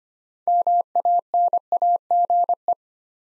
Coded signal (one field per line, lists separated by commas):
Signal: Morse code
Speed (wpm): 25 wpm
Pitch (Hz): 700 Hz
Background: none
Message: MANAGE